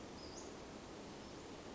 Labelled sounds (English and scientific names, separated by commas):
Western Flycatcher (Empidonax difficilis)